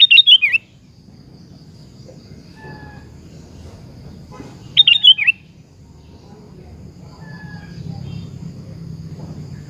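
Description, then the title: Sooty-headed bulbul song: two brief, chattering, descending phrases about five seconds apart, over a steady thin insect-like whine and low background hum. "Kutilang"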